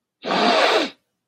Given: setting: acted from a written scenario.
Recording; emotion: vocal sound without words; sadness